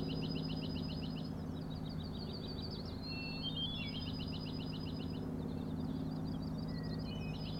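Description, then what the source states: Common nighthawk rattling: long runs of fast, even pulses, broken by short thin whistled notes, above a constant low droning hum. Three birds giving rattling noises at 4am on 16 June 2017, Schoodic Head overlook, Acadia National Park, Winter Harbor, Maine; flying closely following each other, passing near the recordist.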